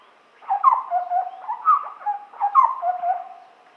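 Large scimitar babbler gives a steady run of low, mellow, hooting whistles in quick tumbling phrases, roughly three phrases over about three seconds.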